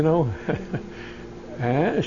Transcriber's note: he laughs